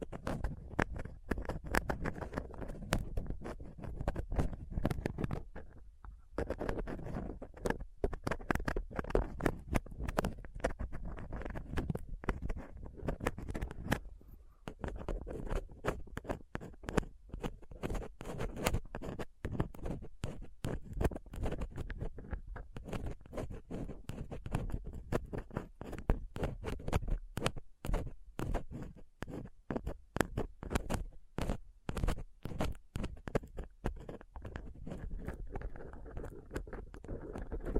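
A dental pick, tweezers and cotton swab rub and scrape against a microphone's grille, making dense, irregular scratching and patter throughout. Short clicks and sharp scrapes come in quick bursts over a low rumbling undertone, with brief pauses near 6 and 14 seconds.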